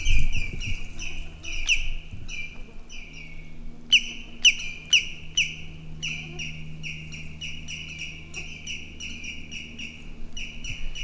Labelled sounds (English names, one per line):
Common Greenshank call